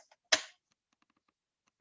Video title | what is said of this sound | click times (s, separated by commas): Commodore Users Europe - 12th of June 2021 | I don't know if you hear the insertion click. | 0.3 s